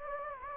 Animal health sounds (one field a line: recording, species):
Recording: mosquito wingbeat signal from an infrared sensor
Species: Anopheles gambiae